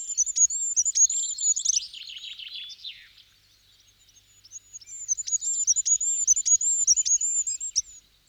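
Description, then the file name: Goldcrest song: very high, thin notes repeated in a quick cycling pattern, the first phrase ending in a lower twittering flourish; two phrases separated by a short pause. "kosmos 93 wintergoldhaehnchen"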